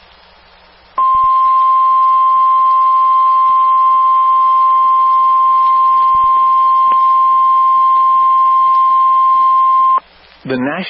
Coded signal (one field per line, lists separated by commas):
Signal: Emergency Alert System (SAME) tones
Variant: 1050 Hz attention tone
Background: speech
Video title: Severe Thunderstorm Warning (IA) (8/15/25) [EAS #278]